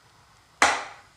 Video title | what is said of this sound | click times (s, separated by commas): OIL CHANGE - FERRIS ISX2200 w/ OIL GUARD | push it all the way down and make it seat. You'll hear it click, | 0.6 s